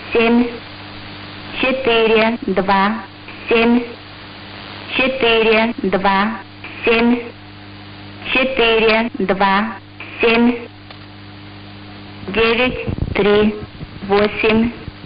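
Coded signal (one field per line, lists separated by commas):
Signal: numbers station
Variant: S06s, Russian female voice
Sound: female voice reading short word groups at steady intervals, about every 2.5 seconds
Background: radio hum and static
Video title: 20 07 2021 Number station S06s Russian Lady in Russian to Eu 0733 on 7365 unknown tx site in CUSB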